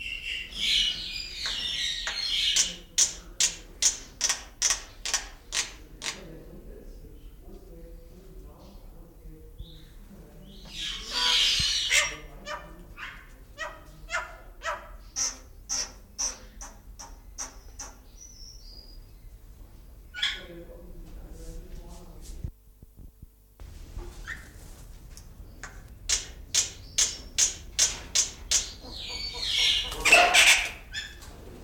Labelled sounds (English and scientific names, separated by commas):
Black-winged Starling (Acridotheres melanopterus)